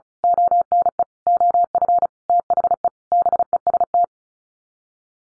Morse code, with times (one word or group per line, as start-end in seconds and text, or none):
0.2-1.0 ONE
1.3-2.1 OF
2.3-2.9 THE
3.1-4.0 BEST